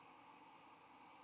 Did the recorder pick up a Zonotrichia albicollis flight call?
no